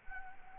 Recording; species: mosquito wingbeat signal from an infrared sensor; Anopheles gambiae